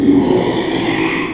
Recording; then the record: squeal of a Yucatan mini pig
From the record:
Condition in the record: after surgery on the right vocal fold (resection and tissue-engineered implant); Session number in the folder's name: 1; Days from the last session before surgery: 6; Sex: male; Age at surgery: 12 weeks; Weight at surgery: 13 kg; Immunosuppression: cyclosporine, prednisolone